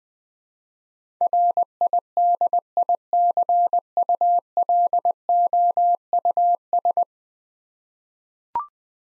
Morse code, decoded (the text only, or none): RIDICULOUS